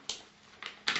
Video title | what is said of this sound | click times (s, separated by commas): Reviews Rowenta Brush Active volume & shine | procedo Scusate non vi ho fatto vedere quindi in questo modo fa un piccolo click | 0.9 s